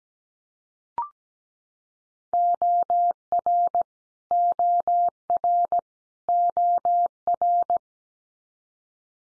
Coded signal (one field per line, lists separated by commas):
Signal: Morse code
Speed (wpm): 17 wpm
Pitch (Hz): 700 Hz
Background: none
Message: OR OR OR